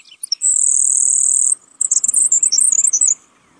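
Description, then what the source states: Grasshopper Sparrow song: a few thin introductory ticks, then a long, very high, insect-like buzz, followed by a sputtering run of high chips. Song described as so buzzy it is easily mistaken for an insect.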